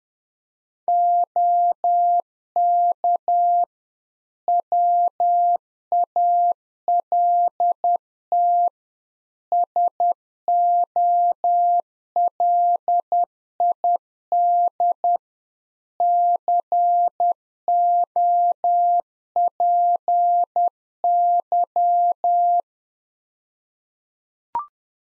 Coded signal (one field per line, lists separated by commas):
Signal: Morse code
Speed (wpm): 10 wpm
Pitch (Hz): 700 Hz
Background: none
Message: OK WALT SOLID COPY